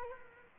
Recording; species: mosquito wingbeat signal from an infrared sensor; Culex quinquefasciatus